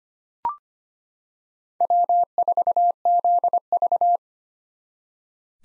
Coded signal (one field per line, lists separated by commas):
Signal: Morse code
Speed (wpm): 25 wpm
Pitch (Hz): 700 Hz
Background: none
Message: W4ZV